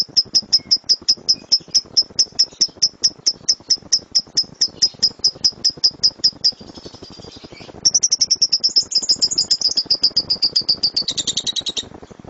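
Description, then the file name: Lovebird song: a long run of evenly spaced sharp high chips, a brief pause, then faster buzzy trilling chatter. Lovebird named Dora, owned by JNJ. "lovebird dora milik jnj omkicau"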